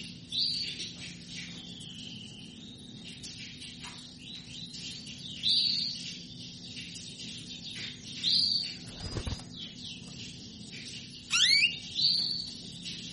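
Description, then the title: Belgian canary song in short bursts of high whistled trills and chirps every few seconds, with a low steady hum underneath. Belgian canary; female canary calling to mate; played to stimulate canaries into singing. "Canto Para Esquentar Canário Belga. Suara burung kenari betina minta kawin"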